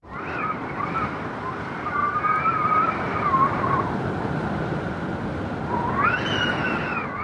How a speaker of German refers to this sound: Sie spielen eine Nordseeküste oder Ostsee oder was weiß ich. Aber das war nicht an der Nordsee oder Ostsee.